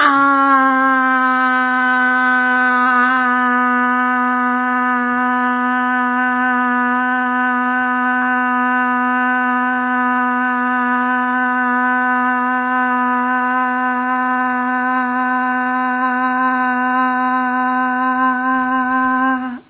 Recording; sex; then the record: sustained vowel /a/; female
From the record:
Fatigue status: no fatigue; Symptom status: symptomatic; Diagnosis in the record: COVID-19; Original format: 3gp